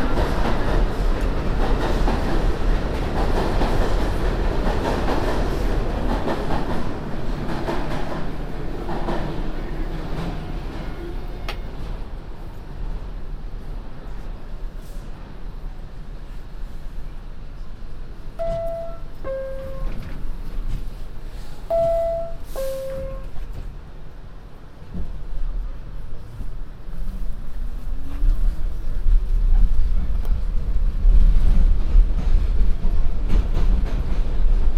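A binaural recording of a ride on the MTA subway: a steady low rumble and rattle of the train carriage runs throughout. Around 18 to 23 seconds a two-note chime sounds twice, and near the end the rumble grows louder with a rising whine.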